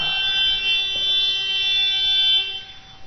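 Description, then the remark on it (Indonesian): A car horn blares in one long, steady honk lasting about two and a half seconds, a loud, buzzy tone at an unchanging pitch that then cuts off and fades, heard during a study session. “Minta tolong dibilangin jangan mainan klakson gitu.”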